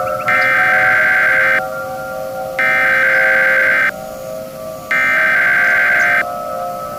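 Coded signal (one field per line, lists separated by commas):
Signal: Emergency Alert System (SAME) tones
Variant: header bursts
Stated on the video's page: Fictional EAS scenario about an SCP Foundation containment breach, not a real alert.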